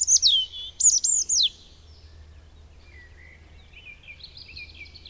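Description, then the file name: European robin singing high, thin, whistled phrases that swoop up and down for about a second and a half, then softer, quieter warbling continues under a low steady hum. "Erithacus rubecula"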